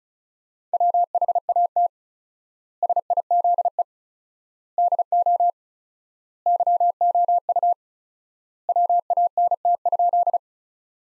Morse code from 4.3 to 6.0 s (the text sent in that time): DO